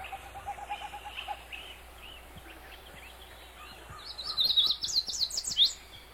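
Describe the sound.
Yellow warbler song, a quick bright phrase of high sweet notes near the end, after softer lower notes and a faint background hiss.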